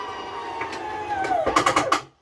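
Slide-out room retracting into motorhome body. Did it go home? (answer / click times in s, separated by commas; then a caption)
yes / 1.6 s, 1.7 s, 1.8 s, 1.9 s. A button is held to bring the slide-out room of a 2024 Sunseeker 3250 motorhome straight in, and its motor whines steadily with a tone that drops in pitch just before the end of travel. A quick series of small clicks follows at 1.6, 1.7, 1.8 and 1.9 seconds, showing the slide-out is fully retracted into the motorhome body.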